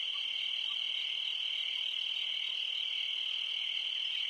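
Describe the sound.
Cricket: an unbroken, shrill, even trill that keeps the same pitch and loudness from start to end.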